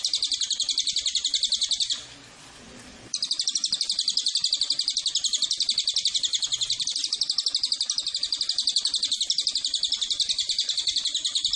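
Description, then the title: Cililin producing a rapid, high-pitched rattling trill, several pulses a second, briefly interrupted once before continuing evenly. Recording for training birds (masteran) that can also serve as a lure (pancingan) to attract the bird. "MASTERAN AMPUH SUARA BURUNG CILILIN BISA JUGA PANCINGAN CILILIN"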